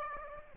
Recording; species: mosquito wingbeat signal from an infrared sensor; Aedes aegypti